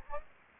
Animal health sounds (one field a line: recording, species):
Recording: mosquito wingbeat signal from an infrared sensor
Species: Anopheles gambiae